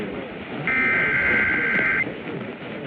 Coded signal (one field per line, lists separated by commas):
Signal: Emergency Alert System (SAME) tones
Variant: header bursts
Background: speech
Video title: Remnants of a High… EAS Alerts from 3/15/25-3/16/25 - Mini Compilation